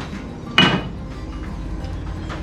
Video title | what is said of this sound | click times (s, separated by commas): #rockhounding and How to cast Pewter Aradon Style, Last day @ Mt Hay. Qld, Australia | and gets locked into place under that wow | 0.6 s